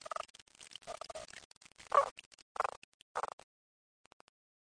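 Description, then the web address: Frog croaking in rough bursts of uneven length, coming irregularly for about three seconds before falling silent. "frog zukan"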